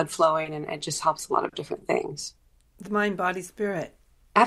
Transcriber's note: none